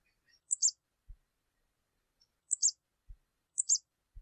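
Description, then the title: Canary chirps: short doubled high notes, each followed by a soft low thump, heard three times within four seconds with faint ticks between. Portuguese canary breed. "Kenari Portugis"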